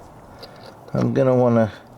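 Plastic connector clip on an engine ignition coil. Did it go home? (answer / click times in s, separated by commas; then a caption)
no / none. Someone handles the plastic electrical connector clip on an ignition coil while working on the top of a 2017 Hyundai Elantra SE engine during valve cover gasket troubleshooting. After a quiet low background, someone talks briefly from about 0.9 to 1.7 seconds. Nothing has seated or clicked yet.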